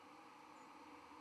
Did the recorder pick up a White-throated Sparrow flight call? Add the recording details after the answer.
yes. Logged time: 07:29 on 31 October 2014